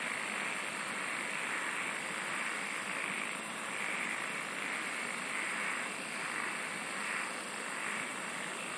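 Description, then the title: An insect chorus hums steadily, with a rapid high-pitched pulsing burst in the middle and soft swelling waves of buzzing beneath. "SINGING OF INSECTS"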